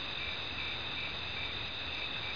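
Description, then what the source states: Crickets calling in a steady, unbroken high trill that runs the whole time, with a fainter second tone just below it and a broad background hiss. Crickets on an island.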